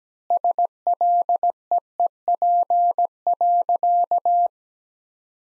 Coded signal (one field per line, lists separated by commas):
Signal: Morse code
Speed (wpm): 17 wpm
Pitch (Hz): 700 Hz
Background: none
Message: SLEEP.